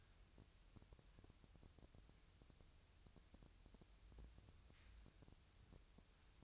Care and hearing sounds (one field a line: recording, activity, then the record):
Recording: daily activity, microphone in the room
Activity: wipe stove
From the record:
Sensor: 2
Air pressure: 1001.4 hPa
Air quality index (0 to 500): 225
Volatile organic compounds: 24 ppm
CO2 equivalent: 2822 ppm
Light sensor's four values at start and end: 7/26/10/9 and 7/26/10/9